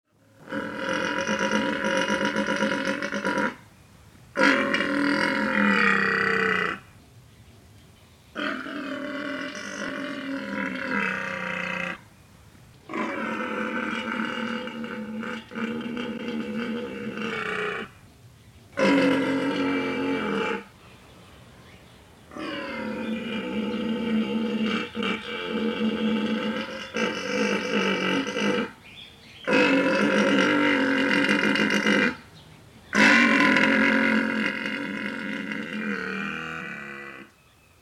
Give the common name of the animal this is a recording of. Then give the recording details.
Père David's Deer. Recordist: Tembrock, Günter